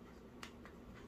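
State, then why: Seated. The integrated plastic kickstand on the back of an FNTCASE phone case for a Samsung Galaxy A54 5G is folded shut and snaps into its recess with a sharp click at 0.4 s, followed by a fainter tick at about 0.7 s. The kickstand is seated in place.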